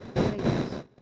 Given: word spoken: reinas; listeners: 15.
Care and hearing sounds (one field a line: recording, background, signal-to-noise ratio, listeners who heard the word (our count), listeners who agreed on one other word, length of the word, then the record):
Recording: one Spanish word in noise, from a listening test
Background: noise modulated by one talker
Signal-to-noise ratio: -12.8 dB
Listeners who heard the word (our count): 0 of 15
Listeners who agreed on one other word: 7 of 15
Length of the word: 0.62 s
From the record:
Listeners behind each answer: 7, 1, 1, 1, 1, 1, 1, 1, 1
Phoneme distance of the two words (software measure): 17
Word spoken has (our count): 2 syllables, 6 phonemes, stress on syllable 1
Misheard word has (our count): 2 syllables, 5 phonemes, stress on syllable 1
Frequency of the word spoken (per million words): 3.28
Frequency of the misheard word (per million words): 57.67